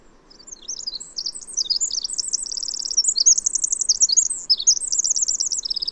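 Bird giving an energetic high warbled song that starts softly and grows louder, mixing sharp chirps, rapid trills and descending slurred notes.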